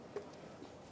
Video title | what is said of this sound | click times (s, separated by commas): How to Replace Cylinder Temperature Sensor 2010-2013 Ford Transit Connect | listen for a click and make sure it's secure | 0.2 s